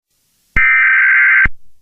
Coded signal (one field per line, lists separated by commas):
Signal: Emergency Alert System (SAME) tones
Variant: header bursts